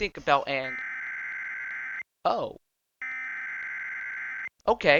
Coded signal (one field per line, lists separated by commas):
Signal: Emergency Alert System (SAME) tones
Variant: header bursts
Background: speech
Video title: EAS Scenario Special - Lamia Of Evil